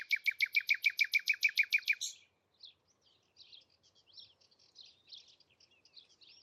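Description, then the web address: Bird song, a fast, evenly repeated series of chirped notes for two seconds, followed by soft scattered twittering. "Bird Only"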